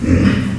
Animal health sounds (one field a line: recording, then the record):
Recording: squeal of a Yucatan mini pig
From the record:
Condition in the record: after surgery on the right vocal fold (resection and tissue-engineered implant)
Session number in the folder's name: 11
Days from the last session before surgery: 98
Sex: female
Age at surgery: 19 weeks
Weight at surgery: 25 kg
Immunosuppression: prednisolone